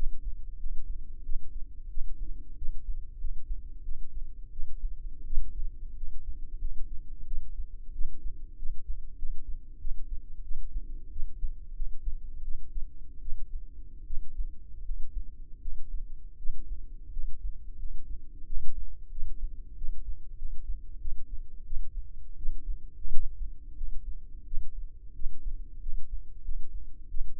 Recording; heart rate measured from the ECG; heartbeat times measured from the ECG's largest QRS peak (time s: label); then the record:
heart sounds by microphone in the left ear; 88 bpm
0.58 s: heartbeat
1.23 s: heartbeat
1.89 s: heartbeat
2.56 s: heartbeat
3.18 s: heartbeat
3.83 s: heartbeat
4.51 s: heartbeat
5.25 s: heartbeat
5.95 s: heartbeat
6.59 s: heartbeat
7.25 s: heartbeat
7.92 s: heartbeat
8.57 s: heartbeat
9.17 s: heartbeat
9.79 s: heartbeat
10.42 s: heartbeat
11.10 s: heartbeat
11.74 s: heartbeat
12.43 s: heartbeat
13.20 s: heartbeat
14.05 s: heartbeat
14.83 s: heartbeat
15.60 s: heartbeat
16.37 s: heartbeat
17.11 s: heartbeat
17.77 s: heartbeat
18.44 s: heartbeat
19.10 s: heartbeat
19.76 s: heartbeat
20.37 s: heartbeat
20.99 s: heartbeat
21.64 s: heartbeat
22.36 s: heartbeat
23.09 s: heartbeat
23.75 s: heartbeat
24.45 s: heartbeat
25.13 s: heartbeat
25.80 s: heartbeat
26.43 s: heartbeat
27.08 s: heartbeat
From the record:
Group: healthy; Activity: rest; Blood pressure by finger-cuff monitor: 91/62 mmHg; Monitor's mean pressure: 72 mmHg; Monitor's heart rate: 89 bpm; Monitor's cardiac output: 6.9 L/min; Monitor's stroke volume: 77 mL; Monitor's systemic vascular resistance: 750 dyn s/cm5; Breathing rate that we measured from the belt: 21 breaths a minute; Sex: female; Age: 19 years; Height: 163 cm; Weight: 48.9 kg